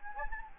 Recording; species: mosquito wingbeat signal from an infrared sensor; Anopheles gambiae